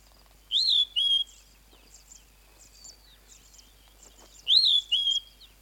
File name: flappet lark